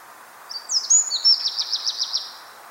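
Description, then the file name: Eurasian wren calling: high thin sweeping notes, then a quick series of several sharp repeated notes, over a steady low background hiss. "Troglodytes troglodytes"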